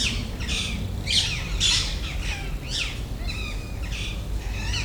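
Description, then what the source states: Rose-ringed parakeets squabble with loud, raspy screeches and chattering notes, several birds overlapping in quick irregular bursts. Ring-necked parakeets squabbling in late afternoon, Jardin d'agronomie tropicale, Paris, France; MCE 530 microphone, USB dual preamp, H2.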